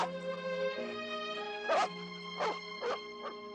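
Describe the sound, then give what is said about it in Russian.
New puppies brought from Kirov to a kennel are led past the old dog Mukhtar, reaching toward and sniffing him, giving a few short, high yips, about four quick bursts spaced through the second half, over a steady sustained tonal background. “Из Кирова привезли новых щенков. Около Мухтара проводят щенков. Те тянутся к нему, обнюхивают.”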